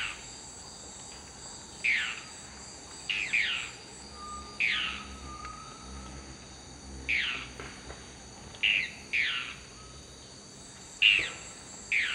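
Dusky-throated antshrike calls: short, slurred downward notes given singly or in pairs, spaced a second or more apart, over a constant high-pitched insect drone.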